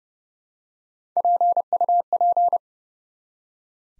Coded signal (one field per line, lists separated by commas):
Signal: Morse code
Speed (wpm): 30 wpm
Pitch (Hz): 700 Hz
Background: none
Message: PUP